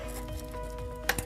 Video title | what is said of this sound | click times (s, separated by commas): Delphi - How to Replace Fuel Filter | there's a click and I think I had a little C | 1.1 s